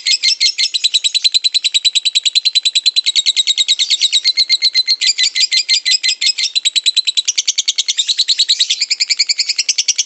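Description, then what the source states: Lovebird giving a sustained, rapid, shrill trill of evenly spaced pulses, shifting slightly in tone toward the end. Lovebird ngekek, a long song, used as a lure song (kicau pancingan).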